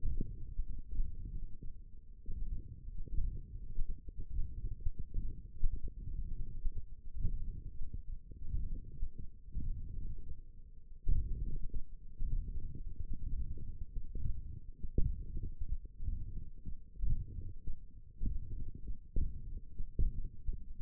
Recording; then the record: forearm muscle sounds (acoustic myography)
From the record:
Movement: tripod grip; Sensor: system 1, eight BSWA MPA416 microphones around the upper forearm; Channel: 4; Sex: male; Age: 21 years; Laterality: right